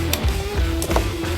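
A straight barbed connector is pushed into a punched hole in a hydroponic drip irrigation line and snaps into place with a sharp click at 0.1 s, so the connector is seated. Music plays in the background throughout, and two fainter transients follow around 0.8 and 1.0 s.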